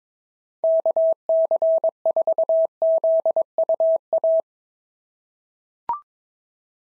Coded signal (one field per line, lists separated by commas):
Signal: Morse code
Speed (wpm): 22 wpm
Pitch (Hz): 650 Hz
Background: none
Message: KC4ZUA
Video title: POTA QSO Practice - 22wpm